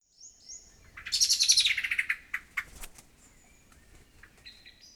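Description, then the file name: Common blackbird call: a loud, harsh chattering burst that falls in pitch and fades out, surrounded by thin, high notes before and after. "Turdus merula"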